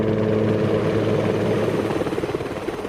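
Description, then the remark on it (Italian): British helicopters fly past evacuating the first wounded toward aircraft carriers, with a loud, steady engine drone and a low humming tone. Toward the end the rotors' rhythmic chopping pulses come through clearly. “All'interno dell'impianto delle acque, gli elicotteri inglesi già evacuano i primi feriti verso le portaerei.”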